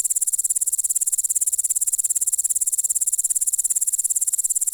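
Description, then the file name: Grasshopper giving a continuous shrill, pulsing buzz, the rapid ticks steady and unbroken throughout. "кузнечик - звуки насекомых"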